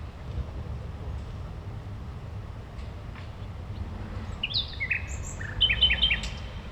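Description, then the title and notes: Common nightingale song: a short burst of varied whistles and chirps late, over steady low rumble. A nightingale at a playground on Gartenstraße, Mitte, Berlin, Germany. "nachtigall in der gartenstraße. Mitte, Berlin, Germany. eine nachtigall am spielplatz gartenstraße, a nightingale at playground, gartenstraße"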